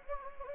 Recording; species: mosquito wingbeat signal from an infrared sensor; Anopheles gambiae